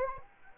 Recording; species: mosquito wingbeat signal from an infrared sensor; Anopheles arabiensis